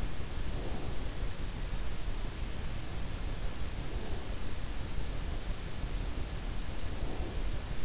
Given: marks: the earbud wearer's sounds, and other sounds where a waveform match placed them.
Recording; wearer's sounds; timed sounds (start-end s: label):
sounds in sleep by an in-ear microphone; breath
0.10-1.32 s: breath
3.47-4.71 s: breath
6.71-7.84 s: breath